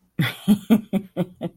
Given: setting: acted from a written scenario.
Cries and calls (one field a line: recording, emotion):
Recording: vocal sound without words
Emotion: amusement